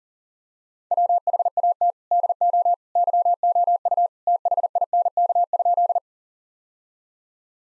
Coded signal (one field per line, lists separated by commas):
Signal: Morse code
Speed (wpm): 37 wpm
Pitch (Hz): 700 Hz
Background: none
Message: WHAT DO YOU THINK?